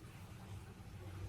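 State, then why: Not seated. A large curved plastic hair-cutting clip is being handled over a gathered section of hair, but nothing has seated or clicked yet. Only a steady low rumble is heard, with no sharp sound anywhere in the clip.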